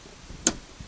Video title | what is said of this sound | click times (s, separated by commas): 2008 Hyundai Santa Fe Fuel Tank Float Replacement | You can hear it snap in place. | 0.5 s